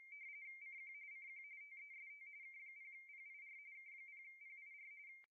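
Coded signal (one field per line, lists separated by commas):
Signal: RTTY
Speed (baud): 45.45 baud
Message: CQ CQ TEST K0PIR K0PIR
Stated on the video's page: RTTY FSK transmitted from an Icom 7300 in RTTY mode with RTTY filter, during a RTTY contest.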